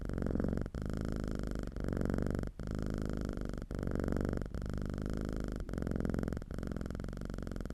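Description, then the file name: Cat purr, a deep rhythmic rumble swelling and easing with each breath, pausing roughly every second. "Calm - Purring Cat"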